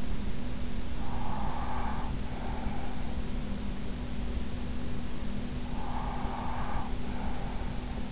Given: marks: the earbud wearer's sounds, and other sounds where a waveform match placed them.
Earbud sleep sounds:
sounds in sleep by an in-ear microphone; breath
0.75-3.27 s: breath
5.28-8.12 s: breath

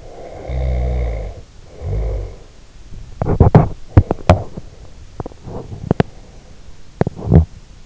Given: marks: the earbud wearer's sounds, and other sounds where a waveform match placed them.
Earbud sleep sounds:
sounds in sleep by an in-ear microphone; snoring breath, body movement
0.00-2.53 s: snoring breath
3.18-7.61 s: body movement

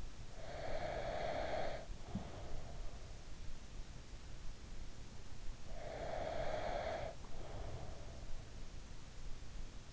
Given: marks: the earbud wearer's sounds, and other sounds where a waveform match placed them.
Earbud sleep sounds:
sounds in sleep by an in-ear microphone; breath
0.00-2.17 s: breath
5.51-8.34 s: breath

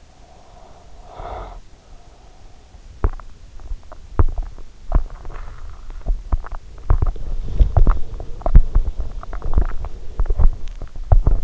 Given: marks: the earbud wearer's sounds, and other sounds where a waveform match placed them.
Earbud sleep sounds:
sounds in sleep by an in-ear microphone; breath, teeth grinding
0.00-2.90 s: breath
3.04-11.44 s: teeth grinding
5.06-6.10 s: breath

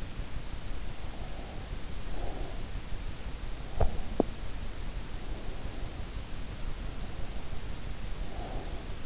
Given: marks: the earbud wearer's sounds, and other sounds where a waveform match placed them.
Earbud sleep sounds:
sounds in sleep by an in-ear microphone; breath
0.96-2.69 s: breath
8.13-9.06 s: breath

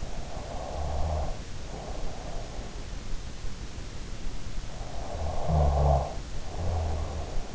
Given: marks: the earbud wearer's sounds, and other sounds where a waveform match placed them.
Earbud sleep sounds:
sounds in sleep by an in-ear microphone; snoring breath
0.00-3.08 s: snoring breath
4.30-6.95 s: snoring breath

